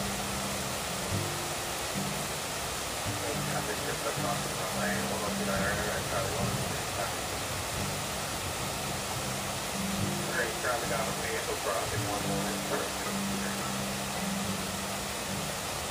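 Rain in New Florence, Pennsylvania falls as a steady, dense hiss that barely changes over the whole sixteen seconds. Underneath, low murmuring tones come and go in short stepped phrases, with brief brighter bits of what sounds like speech around five and eleven seconds.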